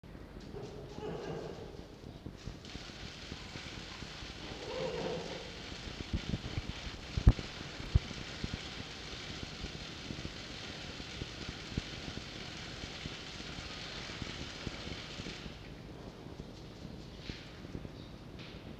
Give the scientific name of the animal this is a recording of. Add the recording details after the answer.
Vulpes vulpes. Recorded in captivity. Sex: male. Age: adult. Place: Zoologisches Institut der HUB, Berlin, DE. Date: 1952-05-15 16:10. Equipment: Elmetra. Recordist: Tembrock, Günter